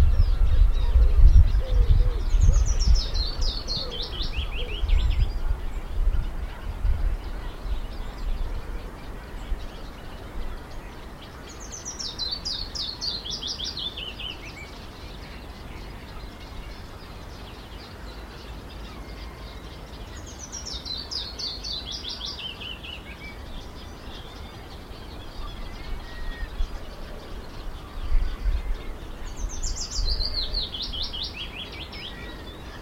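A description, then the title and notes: A willow warbler sings the same short, bright, descending phrase four times, roughly every eight to nine seconds, each song slipping downward from high notes. Between songs there is a steady low rumble of background noise, heavier with thumps in the first few seconds. A freshly arrived willow warbler singing repeatedly.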